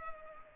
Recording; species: mosquito wingbeat signal from an infrared sensor; Culex pipiens